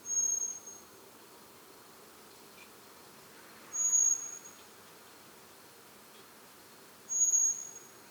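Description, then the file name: Common blackbird giving thin, very high drawn-out whistled notes, three of them about three and a half seconds apart, over a faint steady hiss. "Turdus merula"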